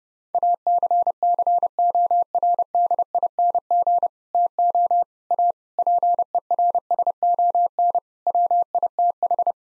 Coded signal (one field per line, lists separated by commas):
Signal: Morse code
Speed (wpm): 30 wpm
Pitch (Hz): 700 Hz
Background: none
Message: ACCORDING TO A PERSON WITH